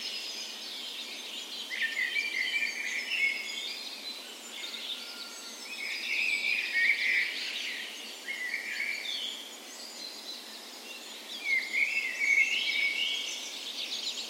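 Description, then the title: Birds: dawn chorus of several birds, layered high chirps and warbling phrases swelling in waves every few seconds. Spring dawn chorus in a park west in Bergen, Norway, morning of 17 May, Norway's National Day; recorded with Sony PCM A10 and LOM micro Usi mics as tree ears. "17th Of May Dawn Chorus"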